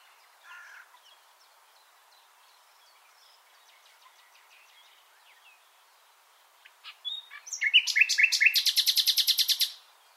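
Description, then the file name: Common nightingale song: soft scattered notes, then a loud phrase building into a fast, even series of repeated chattering notes lasting about two seconds. "Luscinia megarhynchos"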